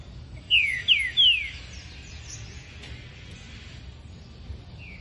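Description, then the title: Green-winged Saltator song: three bright descending whistles in quick succession, followed by quiet hiss and a faint later note. Male singing while waiting for an opponent. "Trinca ferro Rex"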